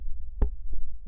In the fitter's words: This does lock into place.